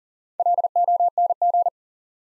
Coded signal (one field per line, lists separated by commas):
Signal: Morse code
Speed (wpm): 40 wpm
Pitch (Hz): 700 Hz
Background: none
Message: LONG